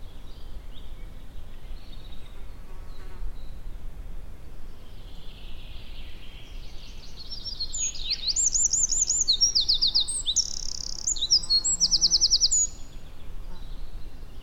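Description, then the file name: Eurasian wren singing, quieter notes at first, then a loud, fast cascade of shrill trills and rattles, against constant low-frequency background noise. "Troglodytes troglodytes"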